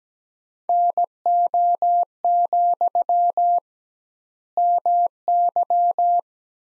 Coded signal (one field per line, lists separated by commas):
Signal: Morse code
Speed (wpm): 17 wpm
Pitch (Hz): 700 Hz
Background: none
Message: NO, MY